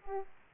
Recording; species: mosquito wingbeat signal from an infrared sensor; Aedes aegypti